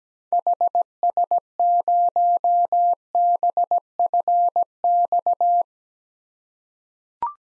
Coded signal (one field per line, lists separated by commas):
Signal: Morse code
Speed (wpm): 17 wpm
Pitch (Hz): 700 Hz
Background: none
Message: HS0BFX